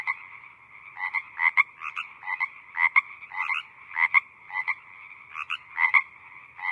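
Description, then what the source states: Frogs calling with short raspy croaks in loose pairs, irregular rhythm, over a continuous chorus. Small group of frogs croaking in the evening.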